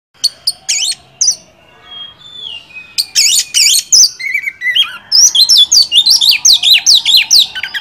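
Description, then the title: Oriental magpie-robin song: loud varied phrases of chirps and whistled notes, then a fast run of repeated rising-falling notes near the end. Kacer masteran (tutor) recording used to lure a kacer into singing gacor and becoming a contest champion. "Masteran Kacer Yang Sukses Memancing Kacer Gacor Sampai Jadi Juara"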